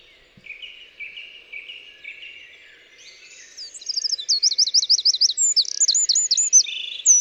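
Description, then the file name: Eurasian wren song: soft high chirping notes at first, then a loud burst of rapid, sharp trills and zigzag notes in the final three seconds. "Troglodytes troglodytes"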